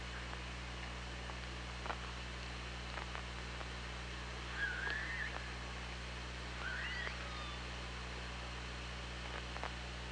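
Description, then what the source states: Killer whale calls: two short rising calls about two seconds apart, with clicks throughout and steady background hiss and hum. OrcaLab hydrophone, 24 August 2017, around 16:01.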